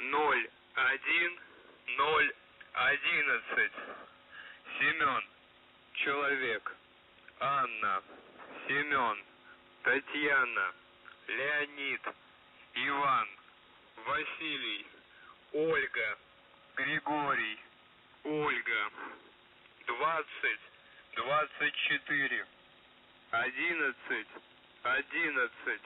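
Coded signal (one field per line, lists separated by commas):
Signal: coded military voice message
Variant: Russian, The Goose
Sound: male Russian voice reading phonetic-alphabet names and numbers, evenly paced, over radio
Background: radio static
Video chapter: 00:00 - Воздух Охват98 01011 СЧАСТЛИВОГО 2024 1111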